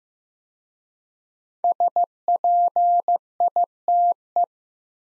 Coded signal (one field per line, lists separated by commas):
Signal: Morse code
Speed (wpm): 15 wpm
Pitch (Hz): 700 Hz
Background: none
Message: SPITE